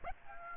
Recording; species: mosquito wingbeat signal from an infrared sensor; Aedes aegypti